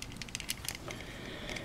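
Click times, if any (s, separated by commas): none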